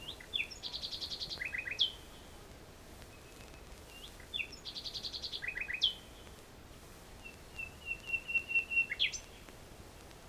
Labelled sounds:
Common Nightingale song
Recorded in the wild
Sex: male
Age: adult
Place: Bielefeld-Jöllenbeck, Nordrhein-Westfalen, DE
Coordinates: 52.1, 8.51667
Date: 1968
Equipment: Uher 4000 Report-S, Bändchenmikro Beyer M 260, Parabolspiegel Polyester (470 mm)
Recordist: Conrads, Klaus

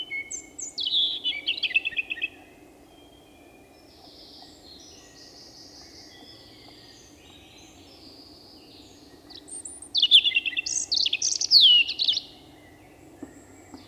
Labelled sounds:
European Robin song
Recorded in the wild
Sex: male
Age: adult
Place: Breitenbach, Baden-Württemberg, DE
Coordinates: 49.0417, 10.2128
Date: 1971-04-30
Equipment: Uher Report 4200, Scotch-Classic 19cm, AKG D190C in Doppelparabolreflektoren
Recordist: Krey, Winfried

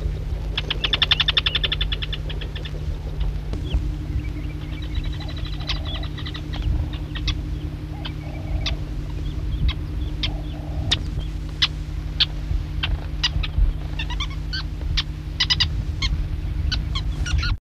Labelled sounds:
Sociable Weaver call
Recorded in the wild
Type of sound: call
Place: Farm M. Bela
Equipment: Halbspur, 9,5 cm/s
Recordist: Lütgens, Hans
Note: Rufe

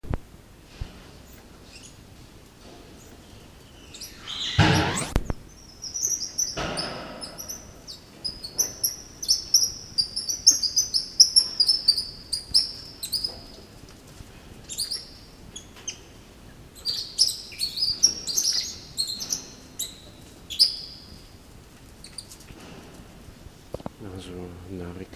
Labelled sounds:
White-nosed Coati call
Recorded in captivity
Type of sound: call
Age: adult
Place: Zoo Leipzig, Sachsen, DE
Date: 1968-12-07
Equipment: Uher 4000 Report-S, Sennheiser MD 421
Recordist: Tembrock, Günter
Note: Begegnung, Laute von dem Tier, das auf dem Rücken liegt (Abstand 2 m)

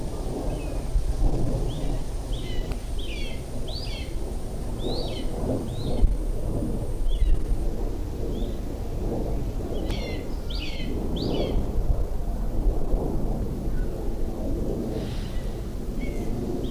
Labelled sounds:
Common Buzzard call
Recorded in the wild
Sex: diverse
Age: diverse
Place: Lübars (Fließtal), Berlin, DE
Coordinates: 52.6175, 13.3625
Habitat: forest
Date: 1998-07-26 16:33
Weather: heiter, 23°C
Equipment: Sony MD-WM MZ-R3, Sennheiser ME 80, Kopie Uher 4000 Report Monitor
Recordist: Tembrock, Günter
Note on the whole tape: Rufe flügger Jungvögel, am Waldrand sitzend mit Ortswechsel (auch Altvögel zu hören. Wäldchen, nahe der Benekendorffstraße

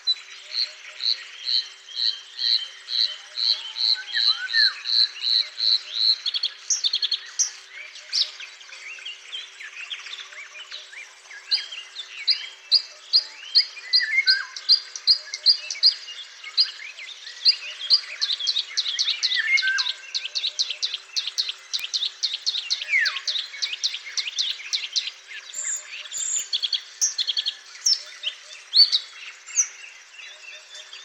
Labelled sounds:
Bluethroat song
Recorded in the wild
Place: Pripyatskiy NP, BY
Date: 2005-05-26
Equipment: Minidisc Sony MZ-R35, Telinga DAT, Telinga-Parabolspiegel
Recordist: Schwarz, Dieter
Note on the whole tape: Song

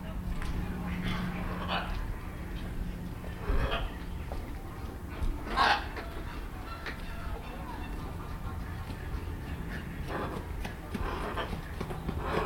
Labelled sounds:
Red-fronted Macaw call
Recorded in captivity
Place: Tierpark Berlin, Berlin, DE
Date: 1992-10-31 11:53
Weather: sonnig bis heiter, -2 bis 3°C
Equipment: Marantz CP 430, Sennheiser ME 80, Kopie Tesla B 116
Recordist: Tembrock, Günter

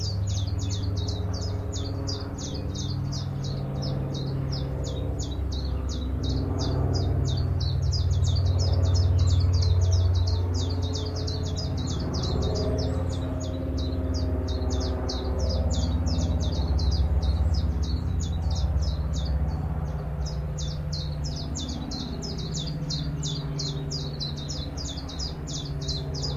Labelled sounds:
Willow Warbler
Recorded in captivity
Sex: male
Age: adult
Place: Volierenanlage, Zoologisches Institut Universität Tübingen, Baden-Württemberg, DE
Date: 1966-06-15
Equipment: Nagra III PH, MD 421, LGS26
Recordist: Schneider, Hans-Joachim

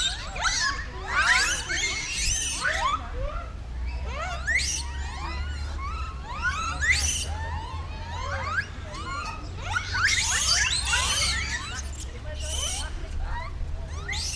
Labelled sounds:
Japanese Macaque
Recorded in captivity
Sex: group
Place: Zoo Berlin, Berlin, DE
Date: 1994-09-10 10:25
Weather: bedeckt, 15°C, z.T. Regen
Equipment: Marantz CP 430, Sennheiser ME 80, Kopie Uher Variocord 263
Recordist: Tembrock, Günter

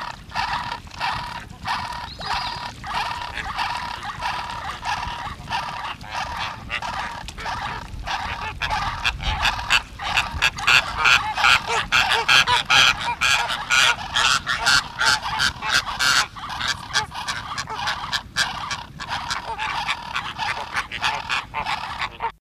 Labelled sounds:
Greater Flamingo call
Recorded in captivity
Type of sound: call
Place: Tierpark Hagenbeck, Hamburg, DE
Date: 1971-08-28
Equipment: Halbspur, 9,5 cm/s
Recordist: Lütgens, Hans
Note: Altvogel legt Schnabel vorne in den des Jungen, Junges ruft

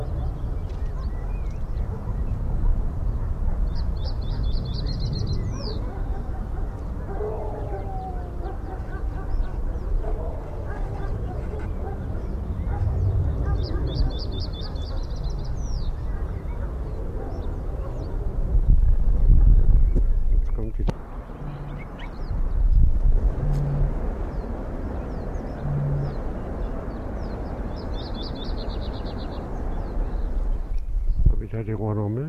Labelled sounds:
Reed Bunting
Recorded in the wild
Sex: male
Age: adult
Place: Karower Teiche, Naturpark Barnim, Berlin, DE
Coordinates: 52.62, 13.46
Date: 1994-04-24 10:44
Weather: heiter-wolkig, 16-20°C
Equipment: Marantz CP 430, Sennheiser ME 80, Kopie Uher Variocord 263
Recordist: Tembrock, Günter

